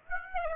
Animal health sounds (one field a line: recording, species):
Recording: mosquito wingbeat signal from an infrared sensor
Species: Aedes aegypti